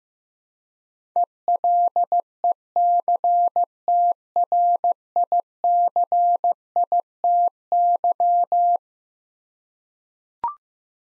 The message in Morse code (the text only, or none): ELECTRICITY